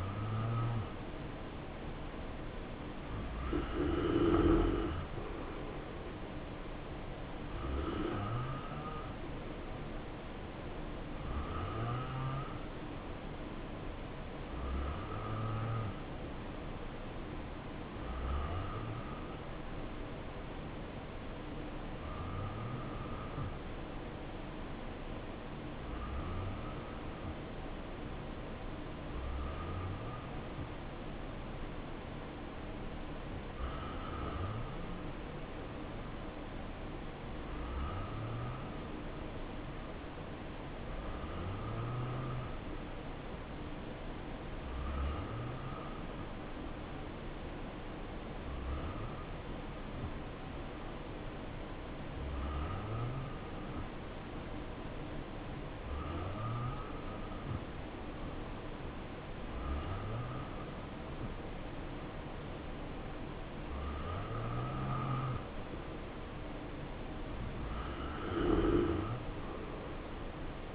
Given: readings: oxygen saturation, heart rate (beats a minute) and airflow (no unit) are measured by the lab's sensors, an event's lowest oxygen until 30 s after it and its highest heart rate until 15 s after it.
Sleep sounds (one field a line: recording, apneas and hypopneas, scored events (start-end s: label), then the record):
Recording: breathing in sleep by a voice recorder at the bedside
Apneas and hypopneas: 2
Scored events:
13.00-30.10 s: hypopnea (N2, oxygen 91% highest, then 86% lowest, heart rate 61 at the start, 68 highest)
36.00-65.20 s: hypopnea (N2, oxygen 91% highest, then 87% lowest, heart rate 68 at the start, 68 highest)
From the record:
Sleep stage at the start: N2 (light sleep)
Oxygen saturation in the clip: 86 to 91%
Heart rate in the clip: 60 to 68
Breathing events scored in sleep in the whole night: 277 in 7.4 hours asleep